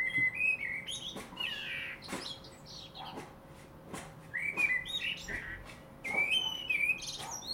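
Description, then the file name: Common blackbird song with warbled fluty phrases and high twittering codas, punctuated by sharp clicking ticks roughly every second, steady faint hum in the background. "Turdus merula"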